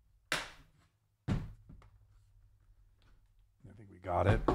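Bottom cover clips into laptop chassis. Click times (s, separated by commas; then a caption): 0.3 s. The plastic/metal bottom cover of an ASUS Zenbook 14X OLED Q410VA (2023) laptop is pressed back onto the chassis so its clips snap in before the screws go back. A sharp snap lands at 0.3 s, followed by more thunks around 1.3 and 1.7 s, and someone talks at the end. The clips are seated.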